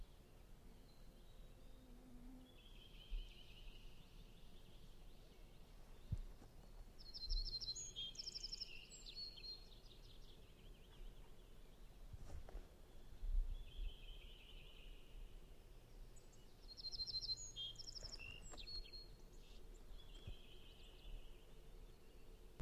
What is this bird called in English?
Little Bunting